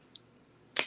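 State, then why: Seated. An out-the-front knife is fired, its metal blade shooting out of the handle and locking into the extended position. A brief high click comes at 0.2 s, then a much louder, sharp broadband snap at 0.8 s. The blade fires hard and snaps into place, locked open.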